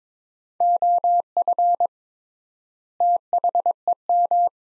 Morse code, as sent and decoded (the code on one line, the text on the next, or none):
--- ..-. / - .... . --
OF THEM